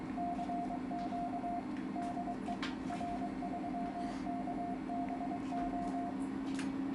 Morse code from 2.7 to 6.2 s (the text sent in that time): R3KBO